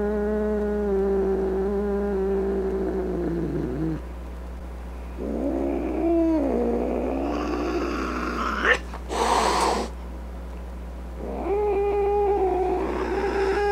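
Cat producing several moaning angry yowls separated by quiet gaps, pitch wavering and dipping, with a short harsh hissing burst in the middle.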